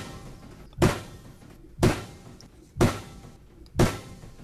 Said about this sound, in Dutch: het hijgeluid van een windturbine in de grond slaan om hem op zijn plek te krijgen